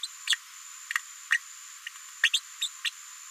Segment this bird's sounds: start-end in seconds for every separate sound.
0.03-0.07, 0.27-0.36, 1.30-1.39, 2.23-2.31, 2.33-2.40, 2.60-2.68, 2.84-2.90